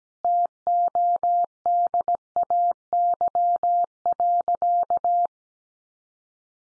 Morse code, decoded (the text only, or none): TODAY.